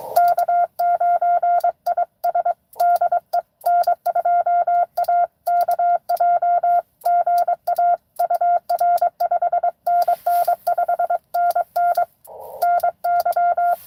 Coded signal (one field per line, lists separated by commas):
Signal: Morse code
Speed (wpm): 23 wpm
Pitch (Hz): 700 Hz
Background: none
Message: K9IS DE N2AKJ GA UR 5NN 5NN NY